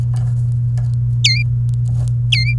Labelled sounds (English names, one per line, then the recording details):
Domestic Canary song
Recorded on 29 April 2018 at 05:43
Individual llb3